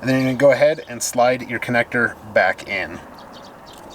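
A plastic wire tap connector on the mirror harness wire of a full tow mirror install on a 2003–2007 Silverado is about to be slid back into place after the red power wire has been plugged into the tap. Someone talks for about three seconds, then only a low steady hiss remains. Nothing has seated or clicked yet.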